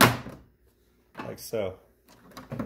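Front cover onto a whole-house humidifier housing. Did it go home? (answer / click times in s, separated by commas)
yes / 2.6 s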